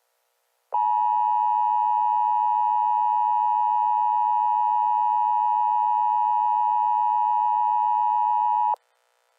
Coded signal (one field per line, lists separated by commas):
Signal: Emergency Alert System (SAME) tones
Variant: 853 and 960 Hz attention tone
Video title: ATLAS - Deadly American Terror (USA EAS Scenario)